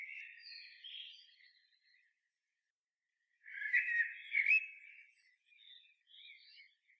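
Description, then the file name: Common blackbird soft warbled whistles, a silent stretch, then a louder fluting phrase with scratchy high notes and a few quiet trailing chirps. "Turdus merula"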